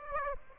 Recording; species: mosquito wingbeat signal from an infrared sensor; Aedes aegypti